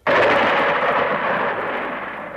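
During a night storm, a sudden loud crack of thunder bursts in and rolls on as a dense, broad rumble, easing off only slightly over a couple of seconds. No voices are present.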